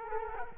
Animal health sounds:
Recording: mosquito wingbeat signal from an infrared sensor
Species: Culex quinquefasciatus

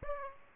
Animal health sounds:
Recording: mosquito wingbeat signal from an infrared sensor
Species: Aedes aegypti

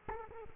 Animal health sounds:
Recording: mosquito wingbeat signal from an infrared sensor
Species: Culex quinquefasciatus

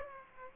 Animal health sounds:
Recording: mosquito wingbeat signal from an infrared sensor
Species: Aedes aegypti

